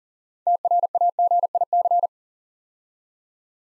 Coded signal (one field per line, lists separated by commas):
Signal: Morse code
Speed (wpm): 44 wpm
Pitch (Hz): 700 Hz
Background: none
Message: TRAGIC